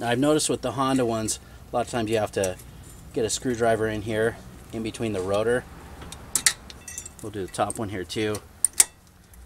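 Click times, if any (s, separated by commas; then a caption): 8.7 s, 8.8 s. A new steel abutment (anti-rattle) clip is pressed onto the top of the rear brake caliper bracket of a 2006 Honda Odyssey during a rear brake pad replacement, while someone talks. Light metallic clinks and rattles sound around 6.1–7.1 s, then two sharp clicks at 8.7 s and 8.8 s as the clip snaps into the bracket. The clip seats, though its middle part may need something wedged in against the edge of the rotor to be fully tucked in.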